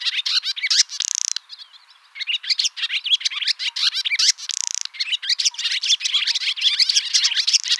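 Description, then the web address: Barn swallow calls and twittering: a busy stream of sharp chirps and squeaky notes with two brief dry rattling bursts. "hirundo rustica call"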